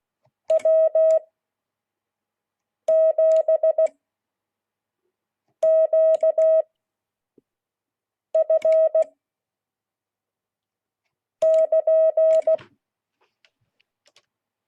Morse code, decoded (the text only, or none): W7QF <KN>